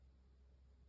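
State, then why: Not seated. A part of a diecast Nissan Skyline R34 model car kit is pressed harder into the kit assembly, but it does not click in. Only a steady low hum and faint background noise are heard, with no snap. Nothing has seated or clicked yet.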